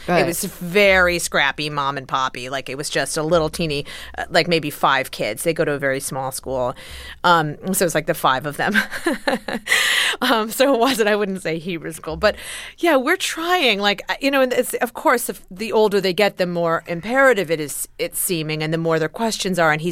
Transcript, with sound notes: It was very scrappy, mom and pop-y - like, it was just a little teeny - like, maybe five kids. They go to a very small school, so it's, like, the five of them. (laughter) So it wasn't - I wouldn't say Hebrew school. But yeah, we're trying. Like, you know, and it's - of course, the older they get, the more imperative it's seeming and the more their questions are.